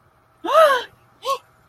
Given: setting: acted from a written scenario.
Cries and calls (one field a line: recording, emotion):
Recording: vocal sound without words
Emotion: negative surprise